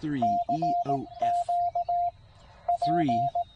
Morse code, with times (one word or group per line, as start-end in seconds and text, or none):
0.2-2.1 CQ
2.7-3.4 P